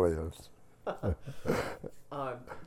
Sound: laughs

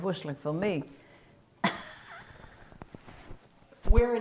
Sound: chuckles

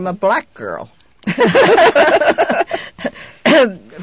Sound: they laugh

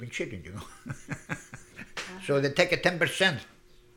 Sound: he laughs

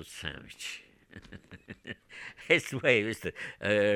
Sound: he laughs

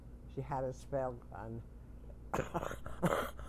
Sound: coughs

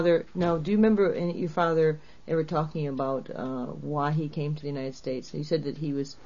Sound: none

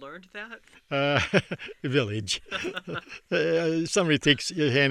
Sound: he laughs

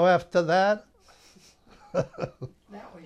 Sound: he laughs

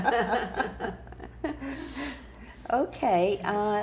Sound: laughs

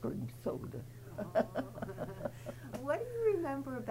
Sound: chuckles

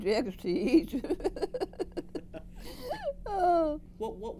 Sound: laughs

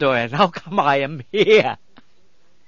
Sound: he laughs

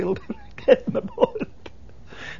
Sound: he laughs

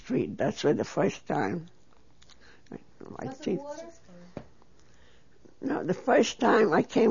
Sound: voice off mike

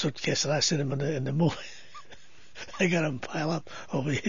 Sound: he laughs

